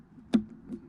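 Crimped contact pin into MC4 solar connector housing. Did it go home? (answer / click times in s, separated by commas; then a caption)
yes / 0.3 s. A male crimped contact pin is pushed into its plastic MC4 solar connector housing and clicks home at 0.3 seconds with a short, sharp click. A fainter tap follows near 0.7 seconds, and the pin is seated.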